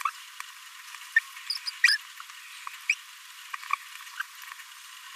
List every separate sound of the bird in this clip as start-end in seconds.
1.16-1.19, 1.67-1.71, 1.84-1.96, 2.89-2.95